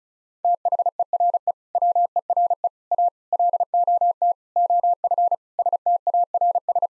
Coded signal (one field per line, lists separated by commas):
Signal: Morse code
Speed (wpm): 36 wpm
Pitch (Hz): 700 Hz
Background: none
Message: THERE WERE A LOT OF STARS